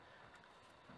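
A large graphics card is handled and pushed toward the motherboard's PCIe slot, producing steady, faint broadband rustling with no distinct impacts and a slight swell near the end. Nothing has seated yet, and the retention latch has not clicked.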